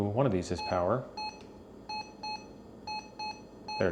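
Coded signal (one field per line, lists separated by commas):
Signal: none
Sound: radio menu button beeps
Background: speech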